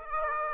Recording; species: mosquito wingbeat signal from an infrared sensor; Aedes aegypti